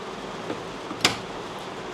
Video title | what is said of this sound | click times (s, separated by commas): Buying Experience From Mindware Barcode Printers-Live Customer Interaction Choosing Labels- Ribbons | यह lock हो गया। | 1.0 s